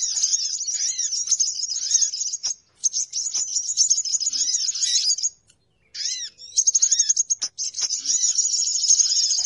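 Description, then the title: Birds giving busy high twitters and trills, many calls overlapping, broken by a few short silent gaps. Noisy bird lure call for attracting birds; many birds said to gather quickly once played. "Suara Pikat Burung Ribut"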